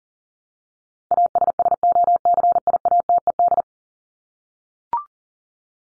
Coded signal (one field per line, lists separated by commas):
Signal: Morse code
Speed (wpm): 40 wpm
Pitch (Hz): 700 Hz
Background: none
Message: ASSOCIATED